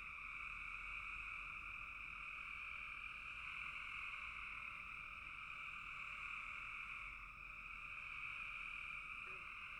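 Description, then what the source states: Frog chorus, continuous high trilling from many overlapping callers, with a brief dip in loudness late in the stretch. Frogs calling in a bog.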